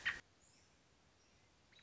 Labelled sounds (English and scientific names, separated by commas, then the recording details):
American Robin (Turdus migratorius)
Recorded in Sonoma County, California